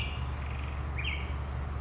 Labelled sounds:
Black-headed Grosbeak
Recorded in Sonoma County, California

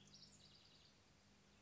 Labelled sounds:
House Wren
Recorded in Sonoma County, California

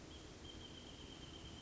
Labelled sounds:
Wrentit
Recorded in Sonoma County, California

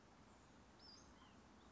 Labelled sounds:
White-breasted Nuthatch
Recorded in Sonoma County, California

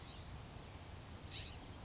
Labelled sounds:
California Scrub-Jay
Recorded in Sonoma County, California

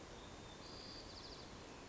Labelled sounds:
White-crowned Sparrow
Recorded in Sonoma County, California

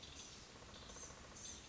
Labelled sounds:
Blue-gray Gnatcatcher
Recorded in Sonoma County, California

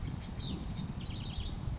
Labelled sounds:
House Wren
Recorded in Sonoma County, California

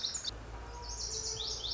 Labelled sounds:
Lazuli Bunting
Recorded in Sonoma County, California

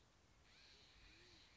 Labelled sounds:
Band-tailed Pigeon
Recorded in Sonoma County, California

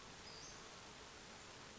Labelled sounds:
Western Flycatcher
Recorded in Sonoma County, California

